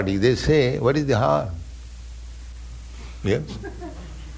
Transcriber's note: laughter